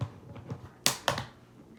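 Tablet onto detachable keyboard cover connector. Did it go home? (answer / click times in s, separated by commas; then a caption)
yes / 0.9 s. A Microsoft Surface Pro 7 tablet is set back onto its detachable keyboard cover and lined up on the magnetic connector. After some faint shuffling, a sharp snap at 0.9 s is followed by two quieter clicks at 1.1 and 1.2 s. The tablet is seated on the connector, snapped in a little awkwardly but still in place.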